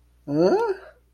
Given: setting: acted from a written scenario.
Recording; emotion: vocal sound without words; confusion